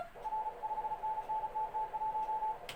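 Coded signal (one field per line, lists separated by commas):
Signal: Morse code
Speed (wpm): 36 wpm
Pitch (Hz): 870 Hz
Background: none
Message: R 5NN TT1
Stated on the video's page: Simulated contest Morse generated by Morse Runner at around 35 wpm for receiving practice.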